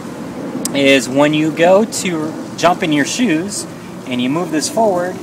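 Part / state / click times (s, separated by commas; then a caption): shoe-holding clip on a bicycle pedal or shoe / not seated / none. Someone talks while moving a triathlon shoe-holding clip forward on a bike pedal with the shoe mounted, over a steady low background hum. The clip has not snapped or seated into place yet.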